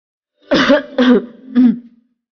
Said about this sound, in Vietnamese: Triển Chiêu bị sặc nước trà, ho khan vài tiếng, bưng chén nhìn hai người.